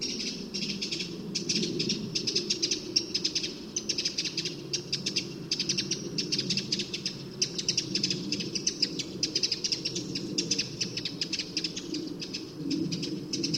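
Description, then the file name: Eurasian wren churring: long runs of rapid, dry ticking notes forming rattling trills throughout, over a low steady rushing background. "Troglodytes troglodytes"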